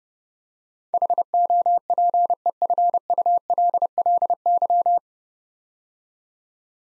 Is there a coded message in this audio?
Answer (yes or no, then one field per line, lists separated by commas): yes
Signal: Morse code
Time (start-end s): 0.9-5.0 s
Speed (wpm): 30 wpm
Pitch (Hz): 700 Hz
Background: none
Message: HOPEFULLY